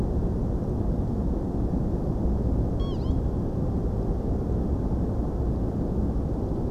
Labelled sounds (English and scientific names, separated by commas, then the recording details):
Northern Lapwing (Vanellus vanellus)
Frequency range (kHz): Northern Lapwing (Vanellus vanellus) 1.1-7.8 kHz
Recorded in France